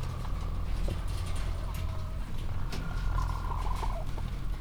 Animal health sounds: poultry house recording; healthy chickens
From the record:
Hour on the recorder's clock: 15

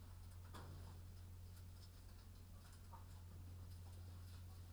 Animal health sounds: poultry house recording; sick chickens (respiratory disease)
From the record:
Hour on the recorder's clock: 22

